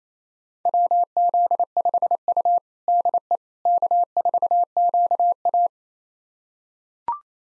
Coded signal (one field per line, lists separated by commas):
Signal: Morse code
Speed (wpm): 28 wpm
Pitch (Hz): 700 Hz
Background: none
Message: WZ5U DE K4QA